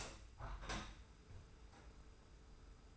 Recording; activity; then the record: daily activity, microphone in the room; open window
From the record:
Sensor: 2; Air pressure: 991.2 hPa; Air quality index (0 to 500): 138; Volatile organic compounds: 222 ppm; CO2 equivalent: 4281 ppm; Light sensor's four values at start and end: 37/109/43/41 and 38/109/43/41